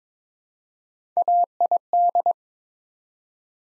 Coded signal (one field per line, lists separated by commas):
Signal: Morse code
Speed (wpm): 22 wpm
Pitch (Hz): 700 Hz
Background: none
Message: AID